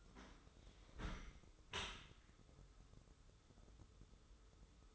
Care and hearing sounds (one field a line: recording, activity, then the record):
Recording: daily activity, microphone in the room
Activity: close dishwasher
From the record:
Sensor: 3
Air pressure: 995.8 hPa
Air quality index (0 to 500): 97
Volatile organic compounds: 13 ppm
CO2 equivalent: 2424 ppm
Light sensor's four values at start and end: 29/87/37/32 and 29/87/37/32